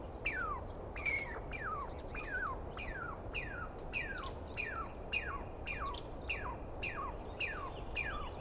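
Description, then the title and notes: Douglas squirrel screaming in a rhythmic run of downward-sweeping calls, slightly uneven in spacing, about two a second against steady low noise. Wild squirrel screaming at length at dawn on 21 April 2017 in the East Cascades; identified by its sound, not seen well. "Interview With The Chipmunk. On the morning of 21 April, 2017, I set up my microphones and recorder for a nice dawn recording in the East Cascades. I was started awake by a screaming Douglas Pine Squirrel"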